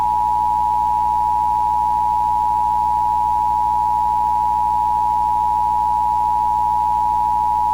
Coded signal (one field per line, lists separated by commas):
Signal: Emergency Alert System (SAME) tones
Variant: 853 and 960 Hz attention tone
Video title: [CC] [EAS Mock/Analog Horror?] - Tennessee Curfew